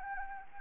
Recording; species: mosquito wingbeat signal from an infrared sensor; Anopheles gambiae